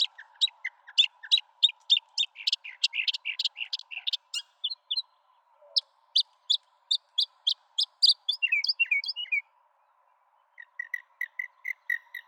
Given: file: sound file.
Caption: Bird B. Mockingbird song material analyzed in this exploratory analysis is from five individual birds.